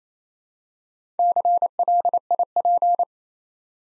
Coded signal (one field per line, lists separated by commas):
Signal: Morse code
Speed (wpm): 27 wpm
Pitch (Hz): 700 Hz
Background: none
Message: CLIP